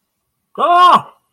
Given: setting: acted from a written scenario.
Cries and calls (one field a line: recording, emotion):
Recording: vocal sound without words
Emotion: fear